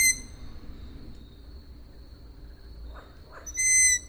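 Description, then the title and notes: Owl calls: one whistled squeak at the start and another near the end, with soft knocking sounds in the quiet between. Owls, more than one, recorded at Židlochovice. "Sovy, Židlochovice, natočeno. Sovy v Židlochovicích, nahrál Tomáš Šenkyřík"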